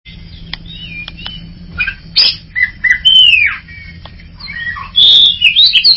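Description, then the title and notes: Greater green leafbird giving scattered chips and slurred whistles, then a loud burst of squeaky, rapidly changing notes near the end; low hum throughout. Champion-grade singing bird. "Kicau Burung Cucak Ijo Juara. Suara kicauan burung cucak ijo"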